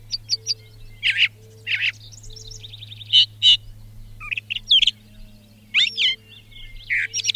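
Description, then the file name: Brown thrasher singing a long run of varied phrases, quick chirps, buzzy trills and repeated notes, with a low steady hum underneath. "suara-kicauan-brown-thraser 3-omkicau"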